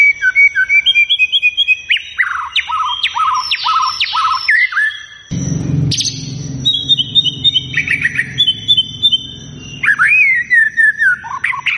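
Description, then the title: White-rumped shama song of clear descending whistles and sharp upslurred notes, joined midway by a low rumbling noise that continues beneath more varied warbled phrases. Lure recording meant to provoke a response, featuring a shama described as singing persistently and vigorously. "PANCINGAN MEWAH MURAI BATU GACOR"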